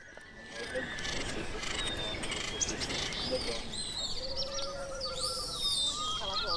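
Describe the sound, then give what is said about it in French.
Small bird chirps and high sliding whistles flit over a dense, steady musical background, with short trills and rising-falling calls scattered throughout. “Mais oui, effectivement, il y a des petits sons d'oiseaux, des fois, des clins d'œil dans beaucoup de pièces.”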